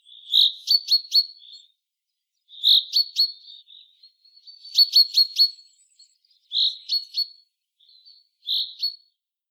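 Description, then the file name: Common chaffinch giving short high chirping bursts, each a bright note followed by quick clipped notes, five bursts spaced about two seconds apart, no other sounds. "Fringilla coelebs"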